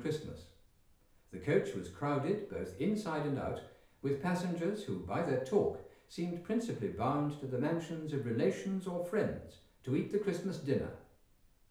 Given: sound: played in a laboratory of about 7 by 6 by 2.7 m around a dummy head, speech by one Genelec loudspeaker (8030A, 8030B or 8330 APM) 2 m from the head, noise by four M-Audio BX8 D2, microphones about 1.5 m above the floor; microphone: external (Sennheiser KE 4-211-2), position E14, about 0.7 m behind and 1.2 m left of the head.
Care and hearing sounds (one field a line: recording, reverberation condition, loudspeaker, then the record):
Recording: male speech in English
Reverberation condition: medium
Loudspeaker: 150 degrees to the right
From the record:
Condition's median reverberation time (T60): about 510 ms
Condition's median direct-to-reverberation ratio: about -0.5 dB